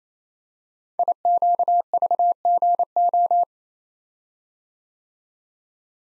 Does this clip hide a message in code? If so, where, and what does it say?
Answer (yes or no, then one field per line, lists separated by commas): yes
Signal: Morse code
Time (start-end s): 1.0-3.4 s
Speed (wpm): 27 wpm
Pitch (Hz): 700 Hz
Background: none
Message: IQVGO